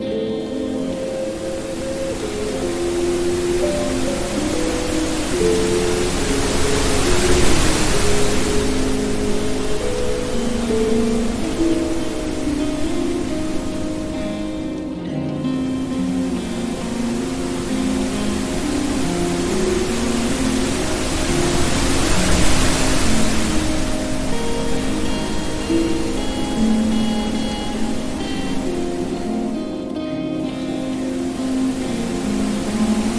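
Soft, slow piano notes drift over a steady hiss of flowing water that swells gently around every fifteen seconds, then recedes.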